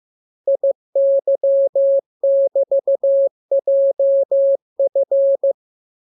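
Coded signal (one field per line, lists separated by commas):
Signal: Morse code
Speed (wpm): 15 wpm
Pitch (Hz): 550 Hz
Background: none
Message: IY<BT>JF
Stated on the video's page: Morse lesson drill of letters, numbers, punctuation and Q-codes for amateur radio; each radiogram begins with VVV and a section sign and ends with AR.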